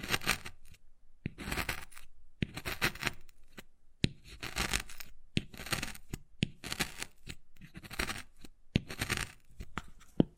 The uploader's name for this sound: Wood Carving, Tapping and Scratching Sounds